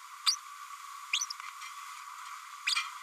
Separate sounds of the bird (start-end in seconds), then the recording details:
0.26-0.36, 1.12-1.20, 2.66-2.75. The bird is a female. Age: 31 days. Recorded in a nest box in Venezuela. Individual 17B102A5